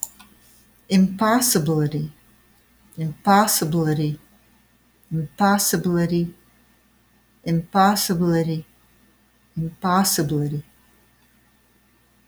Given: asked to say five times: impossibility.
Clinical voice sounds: repeated word; female; 40 to 49 years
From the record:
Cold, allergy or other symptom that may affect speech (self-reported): no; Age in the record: 48 years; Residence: Michigan, United States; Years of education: 16

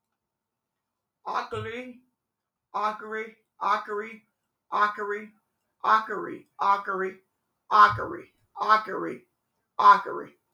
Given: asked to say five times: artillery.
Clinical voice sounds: repeated word; female; 60 to 69 years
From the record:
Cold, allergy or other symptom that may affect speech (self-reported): no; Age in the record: 61 years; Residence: Alabama, United States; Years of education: 14

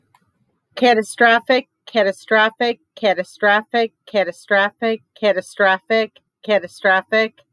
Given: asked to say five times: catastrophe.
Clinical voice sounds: repeated word; female; 50 to 59 years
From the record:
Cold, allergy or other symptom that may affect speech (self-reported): no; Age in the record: 54 years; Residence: United States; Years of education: 14

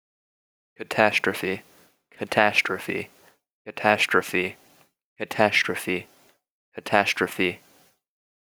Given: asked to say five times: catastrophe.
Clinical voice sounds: repeated word; male; 18 to 19 years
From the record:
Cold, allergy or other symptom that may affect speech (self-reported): no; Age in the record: 19 years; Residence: North Carolina, United States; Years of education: 12

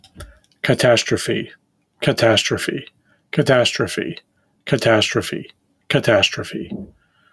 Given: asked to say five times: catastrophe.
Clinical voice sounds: repeated word; male; 30 to 39 years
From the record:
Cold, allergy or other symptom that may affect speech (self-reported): no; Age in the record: 37 years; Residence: Illinois, United States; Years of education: 16

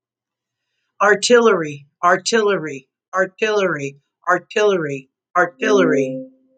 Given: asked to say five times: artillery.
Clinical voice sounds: repeated word; female; 50 to 59 years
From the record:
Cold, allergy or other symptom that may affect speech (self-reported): no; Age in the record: 58 years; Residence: Florida, United States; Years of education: 20

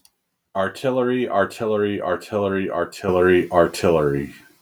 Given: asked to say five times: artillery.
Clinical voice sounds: repeated word; male; 30 to 39 years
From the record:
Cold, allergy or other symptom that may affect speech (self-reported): no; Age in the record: 36 years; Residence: California, United States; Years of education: 16

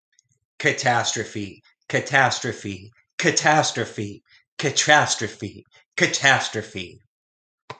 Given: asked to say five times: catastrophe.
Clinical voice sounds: repeated word; male; 40 to 49 years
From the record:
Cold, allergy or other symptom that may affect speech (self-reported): no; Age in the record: 47 years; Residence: Texas, United States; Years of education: 16

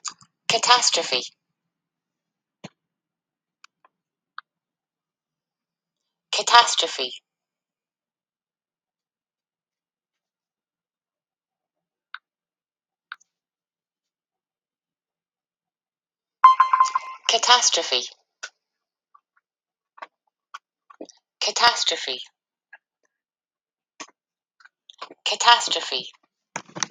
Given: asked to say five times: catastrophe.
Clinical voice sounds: repeated word; female; 50 to 59 years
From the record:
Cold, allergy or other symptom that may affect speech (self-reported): no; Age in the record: 58 years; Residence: Iowa, United States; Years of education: 12

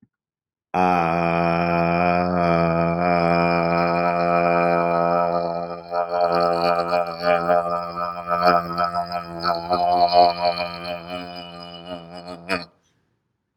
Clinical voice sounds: vowel held as long as possible; male; 20 to 29 years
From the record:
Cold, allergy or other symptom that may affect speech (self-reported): no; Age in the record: 27 years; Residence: Tennessee, United States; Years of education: 16

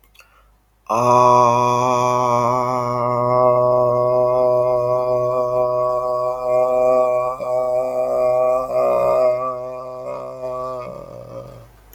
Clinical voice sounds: vowel held as long as possible; male; 40 to 49 years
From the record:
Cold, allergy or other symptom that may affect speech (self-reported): no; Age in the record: 40 years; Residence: United Kingdom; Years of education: 16

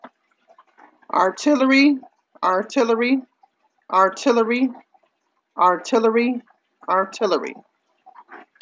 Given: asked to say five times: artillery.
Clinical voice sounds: repeated word; female; 50 to 59 years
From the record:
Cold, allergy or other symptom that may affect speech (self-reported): no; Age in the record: 50 years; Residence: Ohio, United States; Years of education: 12

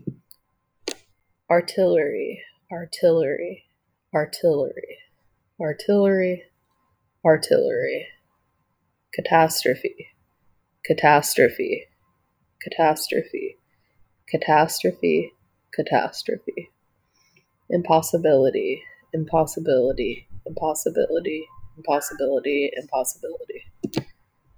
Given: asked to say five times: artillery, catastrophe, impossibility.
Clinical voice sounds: three words, each repeated; female; 30 to 39 years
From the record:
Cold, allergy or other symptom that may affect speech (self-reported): yes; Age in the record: 32 years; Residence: Washington, United States

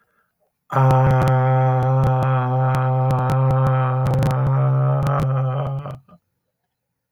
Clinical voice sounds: vowel held as long as possible; male; 50 to 59 years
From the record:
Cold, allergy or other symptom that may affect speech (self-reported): no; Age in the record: 55 years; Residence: New Jersey, United States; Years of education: 20

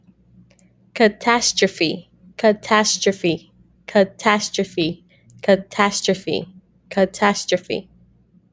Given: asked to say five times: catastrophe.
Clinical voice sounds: repeated word; female; 30 to 39 years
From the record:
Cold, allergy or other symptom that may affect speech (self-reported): no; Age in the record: 32 years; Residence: New York, United States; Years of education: 16

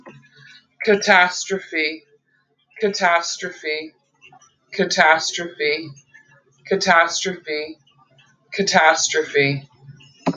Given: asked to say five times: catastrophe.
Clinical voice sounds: repeated word; female; 40 to 49 years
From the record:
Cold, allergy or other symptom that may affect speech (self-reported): no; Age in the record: 40 years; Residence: Ohio, United States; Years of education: 18

